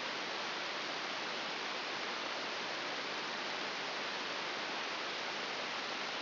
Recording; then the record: brain microelectrode recording played as sound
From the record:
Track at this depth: inside the subthalamic nucleus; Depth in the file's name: 5.601 mm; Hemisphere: right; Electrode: 3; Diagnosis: Parkinson's disease